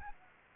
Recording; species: mosquito wingbeat signal from an infrared sensor; Anopheles gambiae